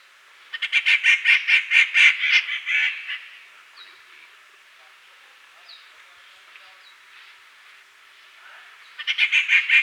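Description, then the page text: Rufous Treepie calling with a long run of raspy, rattling notes for two and a half seconds, then near quiet with faint chirps, and a fresh harsh burst at the end. "Rufous Treepie Calls. Quick Sounds"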